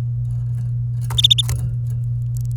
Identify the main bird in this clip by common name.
Domestic Canary